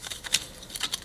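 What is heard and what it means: A printed plastic snap-fit spindle speed display part is pushed into its mounting cutout, where material was trimmed on the inside so the snap tabs can engage. A bright, sharp snap at 0.35 s marks the tabs catching, among lighter ticks at about 0.3, 0.8 and 0.9 s. The part is seated and now fits well.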